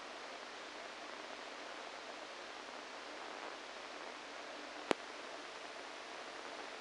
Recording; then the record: brain microelectrode recording played as sound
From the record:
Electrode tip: inside the subthalamic nucleus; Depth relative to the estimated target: 0 mm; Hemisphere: right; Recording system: NeuroSet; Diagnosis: Parkinson's disease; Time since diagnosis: 14 years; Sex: male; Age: 51 years